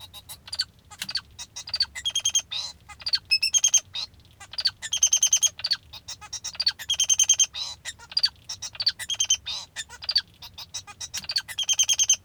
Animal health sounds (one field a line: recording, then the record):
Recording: song of a male Bengalese finch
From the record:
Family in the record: father 2